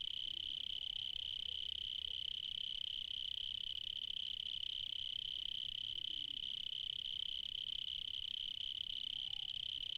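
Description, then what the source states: Cricket song, steady high-pitched pulsing trill throughout, faint scattered chirps and low hum in the background. Recorded in the evening in Spain.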